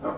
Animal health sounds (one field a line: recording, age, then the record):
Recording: pig call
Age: growing-finishing pig (85 days or more)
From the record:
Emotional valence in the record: positive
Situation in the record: run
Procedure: transit